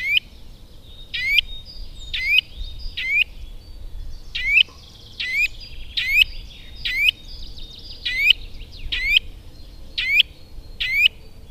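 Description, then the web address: Eurasian nuthatch calling: a series of sharp rising notes, singles and pairs, delivered about once a second over quiet background. "agykontroll Madardalok Cd 1. Csuszka"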